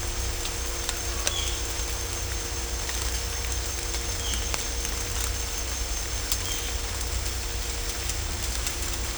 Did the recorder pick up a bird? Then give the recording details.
yes. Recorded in dense forest near Puerto Asís, Putumayo, Colombia, on 16 December 2024 at 17:30. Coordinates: 0.503, -76.323. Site G043